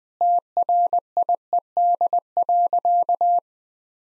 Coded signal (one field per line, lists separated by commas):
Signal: Morse code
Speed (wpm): 21 wpm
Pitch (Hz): 700 Hz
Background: none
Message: TRIED.